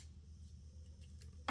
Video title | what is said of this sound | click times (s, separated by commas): Apple Watch SE 1st Gen BBAMEN Soft Nylon Sport Nylon Band Unboxing Installation & First Impressions | and there you go it clicks into place so just like that it clicked into place and we're good to go | 1.5 s